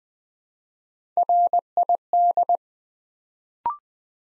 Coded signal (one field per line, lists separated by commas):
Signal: Morse code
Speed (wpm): 20 wpm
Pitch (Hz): 700 Hz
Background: none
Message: RID